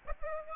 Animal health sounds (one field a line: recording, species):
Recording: mosquito wingbeat signal from an infrared sensor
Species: Aedes aegypti